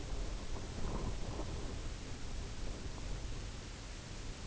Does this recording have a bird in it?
no